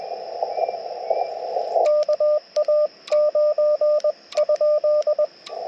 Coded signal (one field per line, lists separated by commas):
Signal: Morse code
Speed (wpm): 20 wpm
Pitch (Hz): 1200 Hz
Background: radio noise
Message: KA9?